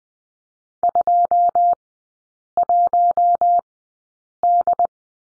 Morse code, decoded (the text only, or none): 21D